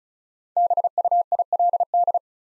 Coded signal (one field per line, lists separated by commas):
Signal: Morse code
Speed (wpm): 36 wpm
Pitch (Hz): 700 Hz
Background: none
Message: BUILD